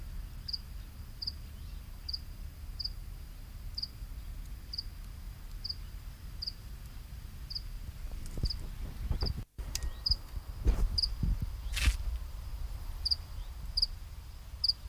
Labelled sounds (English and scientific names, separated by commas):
House Cricket (Acheta domesticus) stridulation